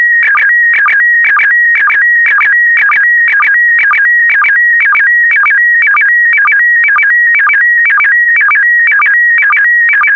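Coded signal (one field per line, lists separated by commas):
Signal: SSTV (slow-scan television)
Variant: PD120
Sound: rapid repeating warble of stepped tones with a short low blip twice per second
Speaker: the next image transmission will start in 10 seconds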